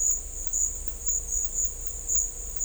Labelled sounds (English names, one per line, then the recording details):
none
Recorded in dense forest near Puerto Asís, Putumayo, Colombia, on 16 December 2024 at 11:30
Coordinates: 0.500, -76.322
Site G053